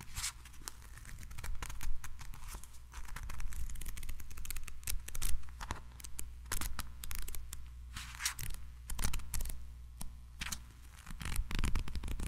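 Tiny mic triggers: dense crisp scratching, snipping and rustling taps over a steady low hum, with brief quieter gaps between bursts.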